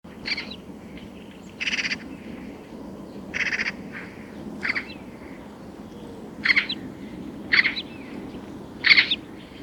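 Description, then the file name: Eurasian magpie giving several harsh, rasping chak calls at irregular gaps of one to two seconds, over steady background noise. "Pica pica"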